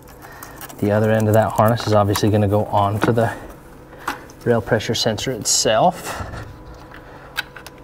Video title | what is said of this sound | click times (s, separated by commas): EZX 22712 3.0L Duramax Installation | If you've got small hands, this is not tough to access, but again, you'll hear it click. Then close that keeper. | 7.4 s